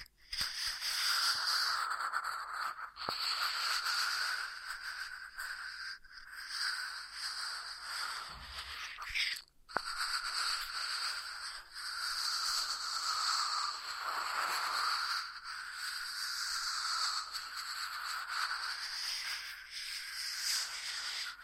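Ear massage triggers: steady, dense rubbing and scratchy brushing with brief pauses near eight and ten seconds, otherwise continuous and bright.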